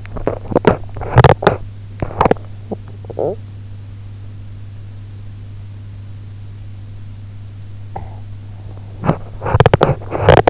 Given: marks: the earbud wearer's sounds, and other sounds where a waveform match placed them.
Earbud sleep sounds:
sounds in sleep by an in-ear microphone; teeth grinding, talking in sleep, breath
0.00-2.45 s: teeth grinding
2.69-3.42 s: talking in sleep
7.90-8.29 s: breath
8.92-10.50 s: teeth grinding

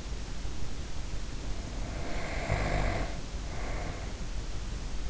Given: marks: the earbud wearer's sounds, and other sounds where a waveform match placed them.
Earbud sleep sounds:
sounds in sleep by an in-ear microphone; snoring breath
1.54-4.35 s: snoring breath

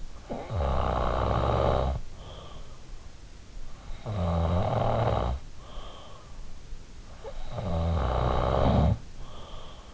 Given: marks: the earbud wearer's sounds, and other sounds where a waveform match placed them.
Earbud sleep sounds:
sounds in sleep by an in-ear microphone; snoring breath
0.00-2.46 s: snoring breath
3.60-5.89 s: snoring breath
7.03-9.66 s: snoring breath

